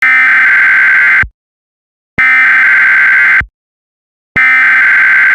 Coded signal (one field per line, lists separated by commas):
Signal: Emergency Alert System (SAME) tones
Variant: header bursts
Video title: EAS mock | oh no.